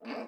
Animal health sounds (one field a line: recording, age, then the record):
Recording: pig call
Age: piglet (1 to 25 days)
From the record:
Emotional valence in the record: negative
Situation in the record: restrain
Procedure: in the arms of a person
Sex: female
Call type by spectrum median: low-frequency call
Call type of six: low-frequency stable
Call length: 0.28 s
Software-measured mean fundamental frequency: 55 Hz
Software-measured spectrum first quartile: 370 Hz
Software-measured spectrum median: 666 Hz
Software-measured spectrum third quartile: 1523 Hz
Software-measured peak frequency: 254 Hz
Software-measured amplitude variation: 118 dB a second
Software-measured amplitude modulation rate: 12.3 a second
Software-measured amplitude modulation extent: 9.6 dB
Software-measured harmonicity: 2.0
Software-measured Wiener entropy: -1.01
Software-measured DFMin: 662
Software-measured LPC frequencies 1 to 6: 579, 2588, 4626, 7910, 8621, 9825 Hz